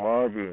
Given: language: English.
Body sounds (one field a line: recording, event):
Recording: throat vibration sensor signal played as sound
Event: speech